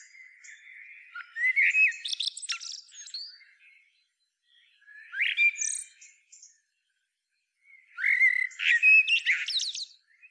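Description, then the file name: Eurasian blackbird giving three phrases of mellow warbling mixed with high thin twitters and squeaks, separated by short silences. "Turdus merula"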